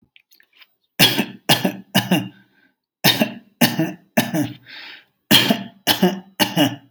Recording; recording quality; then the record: shallow voluntary cough; excellent, no background noise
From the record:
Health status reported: healthy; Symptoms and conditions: diabetes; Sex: male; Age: 63 years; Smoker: not ticked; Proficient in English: yes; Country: India